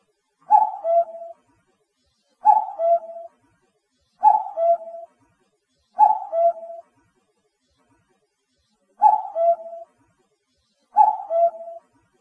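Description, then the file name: Common cuckoo repeating its falling two-note call six times, about every two seconds, with one slightly longer pause near the middle. "kakkou"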